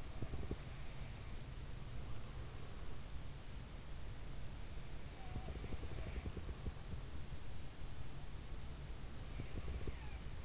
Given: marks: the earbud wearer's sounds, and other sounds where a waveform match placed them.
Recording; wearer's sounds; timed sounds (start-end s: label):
sounds in sleep by an in-ear microphone; teeth grinding
0.00-0.82 s: teeth grinding
5.08-6.91 s: teeth grinding
8.95-10.45 s: teeth grinding